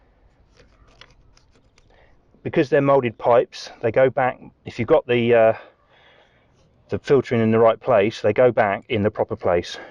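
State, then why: Seated. A molded fuel pipe's quick-release connector is pushed back onto a diesel fuel filter canister. Faint handling ticks lead to a sharp click at 1.0 s as the connector seats. Someone then talks for the rest of the clip.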